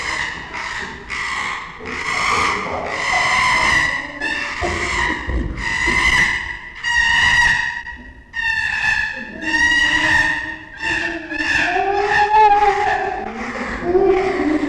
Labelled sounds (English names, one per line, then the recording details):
Chimpanzee
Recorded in captivity
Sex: diverse
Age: adult
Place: Tierpark Berlin, Berlin, DE
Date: 1966-04-01
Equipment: Grundig TK 1 Luxus
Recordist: unbekannt, keine Angabe